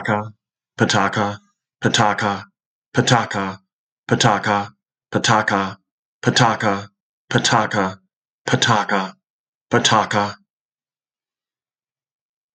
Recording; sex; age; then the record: repeated syllables /pa ta ka/; male; 50 to 59 years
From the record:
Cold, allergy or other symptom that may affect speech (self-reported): no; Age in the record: 54 years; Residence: Nevada, United States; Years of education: 14